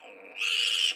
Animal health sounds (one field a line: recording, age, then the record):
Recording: pig call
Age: piglet (1 to 25 days)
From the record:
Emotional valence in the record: negative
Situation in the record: restrain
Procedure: in the arms of a person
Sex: male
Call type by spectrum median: high-frequency call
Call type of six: mixed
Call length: 0.95 s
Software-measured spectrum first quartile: 2787 Hz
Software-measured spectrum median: 3086 Hz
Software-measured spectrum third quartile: 4112 Hz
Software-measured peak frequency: 2874 Hz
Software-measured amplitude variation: 124 dB a second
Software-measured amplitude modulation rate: 25.7 a second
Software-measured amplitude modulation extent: 4.8 dB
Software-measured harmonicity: 6.8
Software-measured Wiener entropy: -2.83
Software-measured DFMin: 1367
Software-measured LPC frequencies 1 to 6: 632, 1539, 2589, 2921, 4654, 5487 Hz